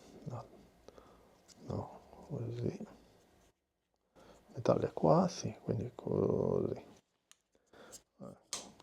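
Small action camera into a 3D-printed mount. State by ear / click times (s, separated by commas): seated / 8.5 s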